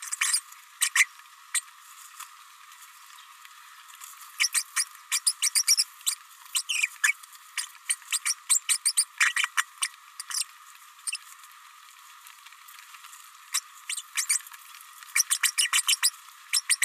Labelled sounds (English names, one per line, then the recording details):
Green-rumped Parrotlet babbling
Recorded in a nest box in Venezuela
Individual 18B104A3